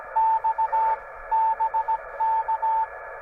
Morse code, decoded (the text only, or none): X BK